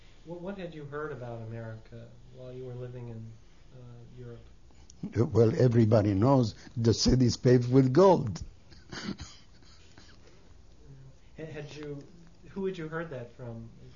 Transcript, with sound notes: What had you heard about America while you were living in Europe?
Well, everybody knows the city's paved with gold. ( he laughs )
Had you, you who had you heard that from?